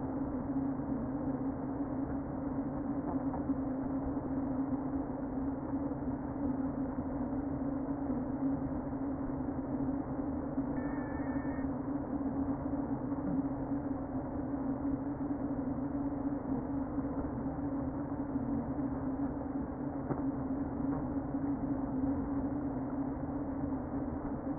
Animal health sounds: honeybee colony, microphone inside the hive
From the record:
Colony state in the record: queen present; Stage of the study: before two queens were removed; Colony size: about 60,000 bees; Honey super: yes

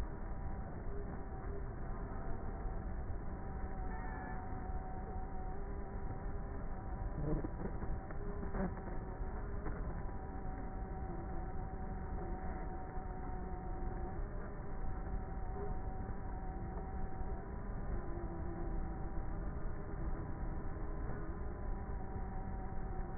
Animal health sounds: honeybee colony, microphone inside the hive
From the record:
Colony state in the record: queenless with a low population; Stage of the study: before two queens were removed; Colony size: about 30,000 bees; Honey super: no

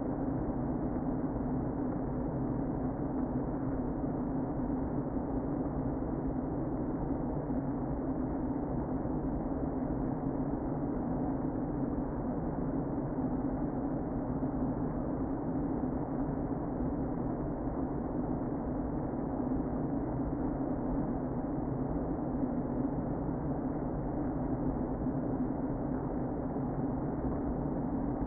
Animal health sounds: honeybee colony, microphone inside the hive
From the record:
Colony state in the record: queen present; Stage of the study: before two queens were removed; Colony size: about 60,000 bees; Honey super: yes

